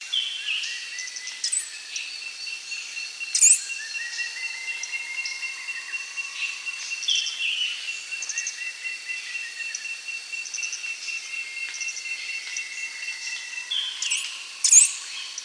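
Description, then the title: Bird song of drawn-out, slurred whistles rising and falling, with two sharp high chips, one early and one near the end. "LuckyPassaro Completos2Sama"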